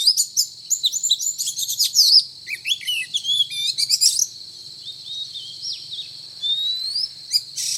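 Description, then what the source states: Oriental magpie-robin singing a dense run of chirps and twisting whistles, then thinner rising whistles, with a constant high-pitched drone behind. Indonesian name kacer; described as gacor, meaning singing vigorously and continuously.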